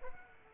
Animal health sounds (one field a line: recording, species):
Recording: mosquito wingbeat signal from an infrared sensor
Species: Aedes aegypti